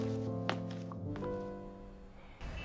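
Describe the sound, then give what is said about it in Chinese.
A few soft, hollow knocks on an apartment door, spaced unevenly over about a second, heard over a steady bed of sustained low musical tones. “一到两分钟，响起敲门声，他这才走过去开门。”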